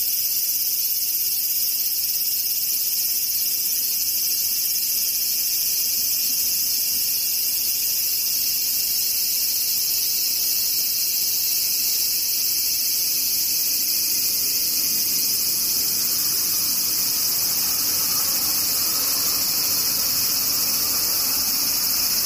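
Cicadas drone in a dense, unbroken, piercingly high buzz throughout, with a faint lower hum swelling slightly in the second half.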